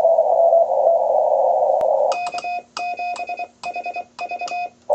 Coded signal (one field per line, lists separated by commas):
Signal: Morse code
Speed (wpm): 24 wpm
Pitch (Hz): 2500 Hz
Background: radio noise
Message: K7HV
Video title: ROMANIA QRP 15M CW QSO WITH YP9W